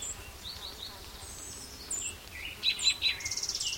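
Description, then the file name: Spotted towhee song of a few quick notes and a buzzy trill at the end, with other birds' whistles and chirps throughout. Recorded 12 June 2009. "Cicero 12 Jun 2009 Pmaculatus"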